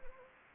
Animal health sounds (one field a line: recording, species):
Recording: mosquito wingbeat signal from an infrared sensor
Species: Anopheles gambiae